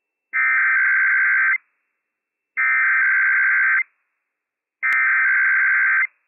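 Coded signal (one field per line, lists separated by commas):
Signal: Emergency Alert System (SAME) tones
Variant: header bursts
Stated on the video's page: IPAWS required weekly test issued by civil authorities for California, Nevada, Oregon and Washington, heard on a weather radio station.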